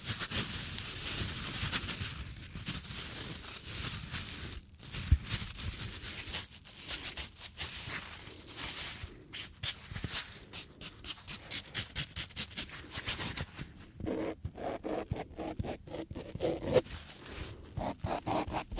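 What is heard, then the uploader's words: Rubber gloves rustle, squeak and rub in a steady run of textured scratching. Early on the sound is dense and continuous, then it breaks into quicker, rhythmic strokes and snaps that come in regular bursts, with brief pauses around five seconds and again near thirteen. ASMR - Super Tingly Glove Sounds - Latex Gloves, Cleaning Gloves, No Talking.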